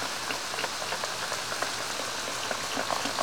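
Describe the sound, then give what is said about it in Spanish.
Steady rain patters down in a dense, even hiss, with scattered brighter drops ticking against a surface throughout. No voices, just the continuous wash of rainfall. “Pronostican lluvia un par de días con sus noches.”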